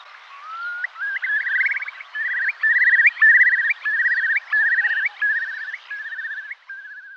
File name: Courlis cendre